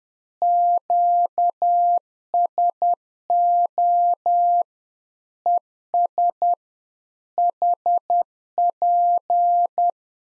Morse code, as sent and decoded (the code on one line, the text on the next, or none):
--.- ... --- / . ... / .... .--.
QSO ES HP